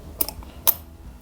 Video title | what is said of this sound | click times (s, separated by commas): CHEAPEST ROTARY HAMMER REVIEW#reviews, | and once you hear the clicks on you know that the bit has been fixed | 0.2 s, 0.7 s